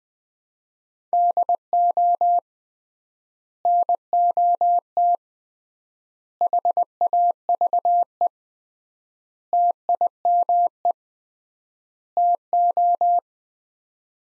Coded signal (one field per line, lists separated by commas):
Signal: Morse code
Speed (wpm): 21 wpm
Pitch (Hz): 700 Hz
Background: none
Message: DO NOT HAVE TIME TO